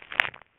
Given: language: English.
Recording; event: throat vibration sensor signal played as sound; swallow